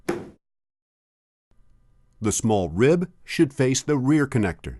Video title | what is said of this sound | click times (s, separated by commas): Test Video | the round side of the connector goes down you should hear it click into place | 0.1 s